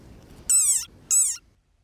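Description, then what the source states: Desert rain frog giving two shrill, squeaky cries, each about a third of a second long, separated by a short pause; otherwise quiet. Adult desert frog found only on South Africa's Namaqualand coast; known for its terrifying war cry; played as a mystery sound in a live quiz.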